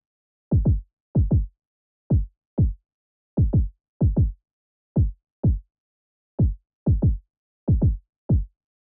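Heartbeat at 126 beats per minute, heard as a series of dull, low-pitched thumps.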